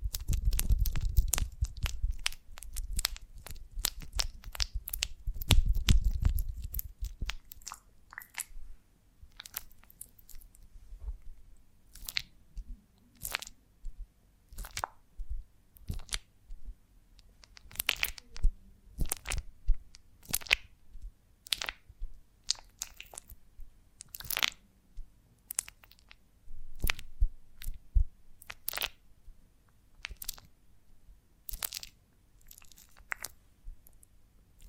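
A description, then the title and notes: Honeycomb on a branch being bitten and chewed in sharp, crackling crunches. The first few seconds are dense, with heavy low thumps under the crackle. Afterward the crunches thin out into separate bright snaps, roughly one or two per second, with quiet gaps between them. ASMR of a Honeycomb on Branch (No Talking).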